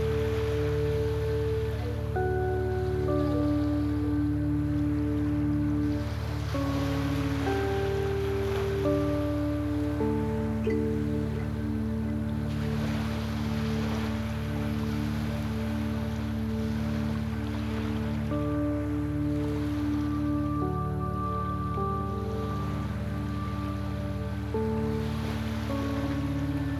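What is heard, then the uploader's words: Soft chimes ring out in slow, overlapping sustained tones over a deep, steady low drone. A constant wash like gentle surf runs underneath, swelling slightly around the middle and end, with no sharp events and an even, unchanging loudness throughout. Soft Chimes and Waves.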